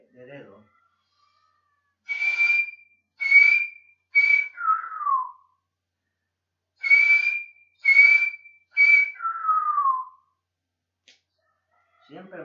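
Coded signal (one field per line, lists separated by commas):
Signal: whistled language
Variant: Silbo Gomero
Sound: two repeated whistled phrases, three high notes then a long falling glide each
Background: brief speech at start, end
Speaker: esta letra no me sale bien vamos así por ejemplo de nuevo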